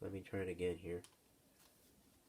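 Someone talks for about the first second while handling an action figure, getting ready to push its plastic head onto the neck peg on a second try. After the talking, only faint quiet handling noise follows. Nothing has seated or clicked yet.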